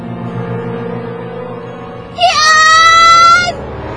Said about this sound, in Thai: ยังต้องสะดุ้งอีกเป็นคำรบสองกับเสียงหวีดเรียกพี่เอิญก้องถนนบาดแก้วหู